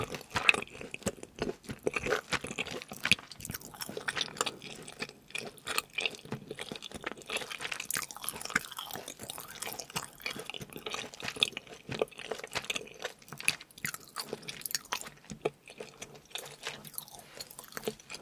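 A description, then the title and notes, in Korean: Eating sounds from someone having pizza: a dense run of short, sharp clicks, smacks and wet mouth noises that carries on for the whole stretch without pause. The bites and chews come quickly and unevenly, with occasional louder snaps and a soft, moist quality throughout. 피자먹방 eating sound.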